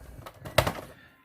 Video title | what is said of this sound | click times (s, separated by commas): GI Joe and the Transformers SDCC 2013 Toy Unboxing and Review | you snap them on classic | 0.6 s